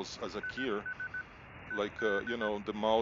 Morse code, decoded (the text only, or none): IS ED